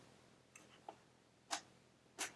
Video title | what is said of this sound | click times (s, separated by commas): Microsoft Surface 3 Review | You can hear it snapping into the | 0.6 s, 0.9 s, 1.5 s